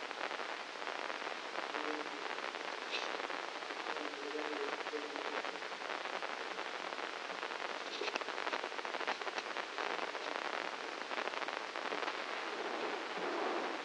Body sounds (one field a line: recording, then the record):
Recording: brain microelectrode recording played as sound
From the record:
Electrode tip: inside the subthalamic nucleus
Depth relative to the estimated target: -1 mm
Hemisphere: left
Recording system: NeuroSet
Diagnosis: Parkinson's disease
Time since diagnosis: 9 years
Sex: male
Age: 56 years